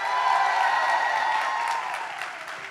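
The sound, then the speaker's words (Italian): An audience at a Sunday gathering claps and cheers loudly for the return of Jesus. It is a dense, sustained wash of applause with shouts and whoops on top, holding steady for a few seconds before easing slightly at the end. “quindi vogliamo battere i nostri piedi, sentiamo dalla prima all'ultima fila, un po' più forte, pronti con le mani e con gli urli, Gesù ritorna!”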